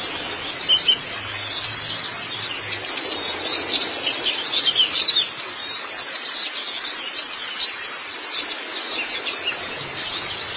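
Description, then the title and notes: White-eye song: dense, rapid high-pitched twittering of short notes, continuous throughout, over a faint hiss. Long-duration recording of white-eye twittering song. "Kicauan Burung Pleci Durasi Panjang. Suara kicauan burung pleci"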